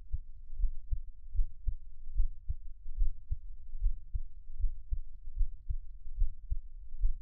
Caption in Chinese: 獻上我的心跳 | Give my Heartbeat | NO Talking。